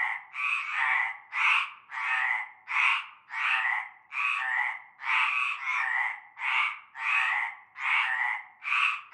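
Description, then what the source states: Frog chorus of loud grating croaks, several animals calling in quick succession so the croaks run almost without pause. Frog chorus at nightfall in a large concrete basin with stagnant greenish water, Avenue Cante Coucou, Groupède, La Ciotat, Bouches-du-Rhône, France.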